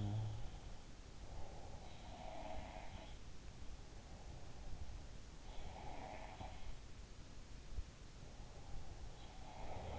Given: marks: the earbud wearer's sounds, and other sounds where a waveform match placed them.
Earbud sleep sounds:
sounds in sleep by an in-ear microphone; breath
0.00-2.10 s: breath
1.32-3.24 s: sound from someone else or the room
4.08-6.75 s: sound from someone else or the room
8.59-9.99 s: sound from someone else or the room

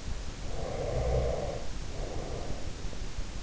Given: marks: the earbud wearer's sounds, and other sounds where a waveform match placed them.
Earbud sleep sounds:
sounds in sleep by an in-ear microphone; breath
0.64-3.09 s: breath

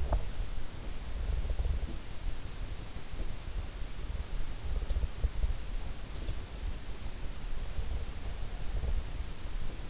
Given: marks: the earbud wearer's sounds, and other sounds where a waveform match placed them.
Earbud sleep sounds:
sounds in sleep by an in-ear microphone; swallowing
0.00-0.27 s: swallowing

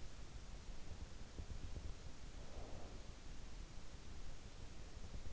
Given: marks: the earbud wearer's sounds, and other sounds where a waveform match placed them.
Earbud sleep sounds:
sounds in sleep by an in-ear microphone; breath
1.91-3.27 s: breath

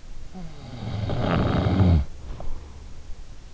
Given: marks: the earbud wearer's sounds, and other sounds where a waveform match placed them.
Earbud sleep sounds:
sounds in sleep by an in-ear microphone; snoring breath
0.50-3.13 s: snoring breath

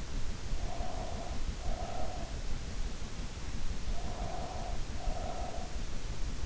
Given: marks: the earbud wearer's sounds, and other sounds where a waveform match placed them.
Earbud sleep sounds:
sounds in sleep by an in-ear microphone; breath
0.48-2.52 s: breath
3.94-6.05 s: breath

